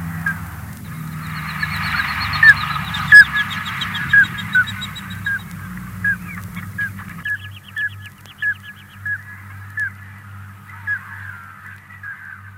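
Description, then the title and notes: Common Scoter whistled piping notes repeated throughout, first over a rumbling engine-like noise that stops midway, then with faint chatter in the background. "Viikon luontoääni: Mustalintu. Risto Nevanlinna"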